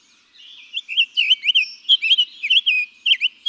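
Summer tanager song: a quick series of slurred, up-and-down whistled notes, loud and steady, with each phrase run close to the next.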